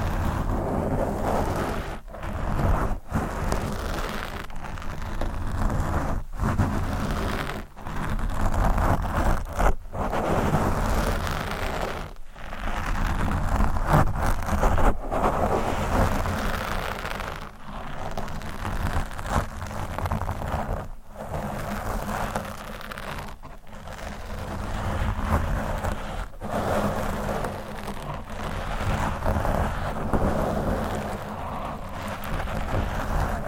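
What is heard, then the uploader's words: A microphone is scratched and rubbed continuously, producing a dense, rough, rumbling noise that fills the whole clip with a heavy low end. The loudness swells and dips unevenly, broken by many brief, abrupt gaps every second or two. Mic Scratching.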